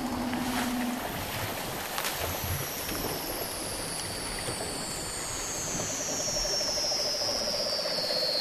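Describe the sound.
Weddell seal whistle, a very high tone sliding slowly downward for several seconds, with a low pulsed trill joining later and a short low hum at the start.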